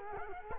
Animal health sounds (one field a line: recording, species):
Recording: mosquito wingbeat signal from an infrared sensor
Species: Culex quinquefasciatus